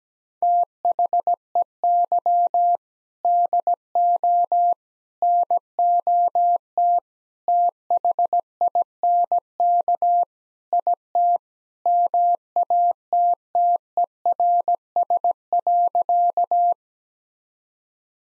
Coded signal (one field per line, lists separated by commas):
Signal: Morse code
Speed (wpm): 17 wpm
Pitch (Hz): 700 Hz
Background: none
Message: THEY DO NOT THINK IT MATTERS.